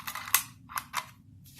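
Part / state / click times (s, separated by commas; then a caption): aluminum base plate onto a pistol magazine body / seated / 0.3 s. A Strike Industries aluminum base plate is slid onto an SGM Tactical Glock 19 pistol magazine body while the magazine's internal plate is held pushed down. Short scraping sliding noises lead into a sharp click at 0.3 s, followed by two softer clacks near 0.8 and 1.0 s. The base plate locks in place, seated and ready to go.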